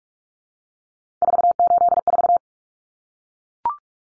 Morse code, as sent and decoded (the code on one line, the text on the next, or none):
....- ---.. ....-
484